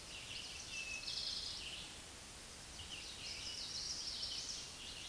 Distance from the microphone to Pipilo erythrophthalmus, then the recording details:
about 50 m. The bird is about 15 m above the microphone. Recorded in a Pennsylvania forest on 16 May 2024 at 09:07. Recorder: AudioMoth, point MSD-2166. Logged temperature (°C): 16.3 °C. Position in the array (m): 63 m, 15 m